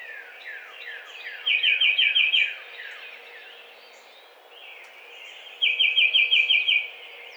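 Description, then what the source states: Tufted titmouse gives two fast series of bright repeated whistled notes a few seconds apart, with other birds' chirps around them. Recorded 7 April 2009.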